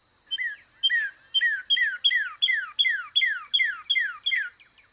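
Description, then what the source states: Northern Cardinal song: about eleven clear, downslurred whistled notes repeated steadily, nearly three per second, in a quiet background. Female cardinal singing.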